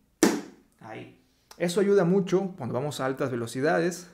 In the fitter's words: y atora en la parte de aquí abajo y hace un clic